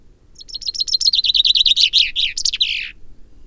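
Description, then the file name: Common Chaffinch song, loud and clear: a rapid series of high repeated notes falling in pitch, slowing into a final flourish. "Fringilla coelebs"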